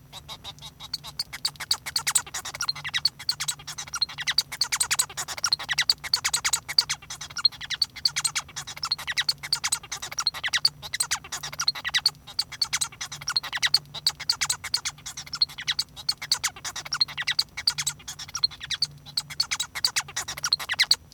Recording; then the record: song of a male Bengalese finch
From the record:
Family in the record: son of father 1